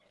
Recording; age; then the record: pig call; piglet (1 to 25 days)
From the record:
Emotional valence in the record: positive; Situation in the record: short reunion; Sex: female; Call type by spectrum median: low-frequency call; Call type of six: low-frequency tonal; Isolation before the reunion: 3 minutes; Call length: 0.11 s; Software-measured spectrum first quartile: 566 Hz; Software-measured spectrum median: 1467 Hz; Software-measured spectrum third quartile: 3605 Hz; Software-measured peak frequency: 591 Hz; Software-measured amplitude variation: 96 dB a second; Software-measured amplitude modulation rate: 14.1 a second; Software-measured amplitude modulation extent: 6.8 dB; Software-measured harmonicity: 0.7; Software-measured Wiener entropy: -1.08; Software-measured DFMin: 931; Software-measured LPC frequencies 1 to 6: 621, 1415, 2146, 3214, 5195, 6698 Hz